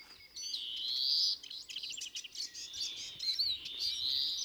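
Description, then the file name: European greenfinch giving a long rising nasal wheeze amid quick twittering and chirping notes. "Chloris chloris"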